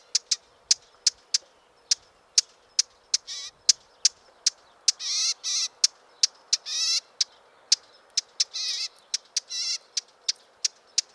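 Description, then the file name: Eurasian blackcap calling with many repeated sharp ticking notes, interspersed with several harsh grating chatters. "Sylvia atricapilla"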